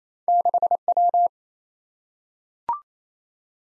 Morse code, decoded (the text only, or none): 6W